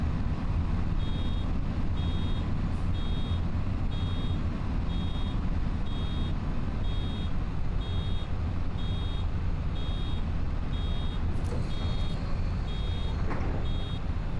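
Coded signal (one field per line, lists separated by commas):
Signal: none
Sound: vehicle reversing beeps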